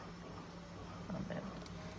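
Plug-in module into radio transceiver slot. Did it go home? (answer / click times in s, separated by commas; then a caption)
no / none. A plug-in module is lined up in the slot of a Yaesu FTX-1 Optima radio transceiver before being pushed home. Over a steady low hum, small handling taps come at about 1.1, 1.3 and 1.7 seconds. The module has not seated or clicked yet.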